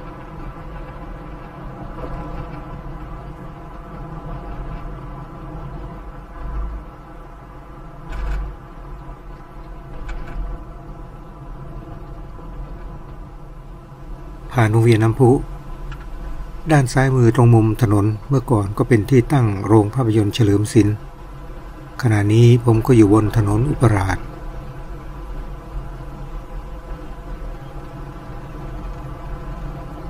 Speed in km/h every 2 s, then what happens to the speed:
50, 50, 49, 47, 43, 38, 33, 24, 11, 7, 13, 18, 23, 24, 27.
0-6 steady at about 49. 6-17 brakes to 7. 17-30 speeds up to 27.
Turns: none.